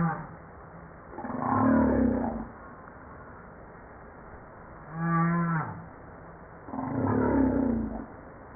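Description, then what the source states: Humpback whale song: three loud, harmonically rich groans in sequence, the middle one briefer, with quiet hissing gaps in between. Recorded 5 March 1994.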